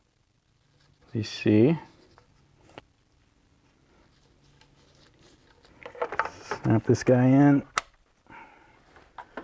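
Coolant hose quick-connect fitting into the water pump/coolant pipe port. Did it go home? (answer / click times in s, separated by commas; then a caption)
no / none. A coolant hose quick-connect fitting with o-rings is handled at its water pump/coolant pipe port during a water pump replacement on a BMW X3 E83. Someone talks while faint handling taps and clicks sound around it. Nothing has seated or clicked into place yet.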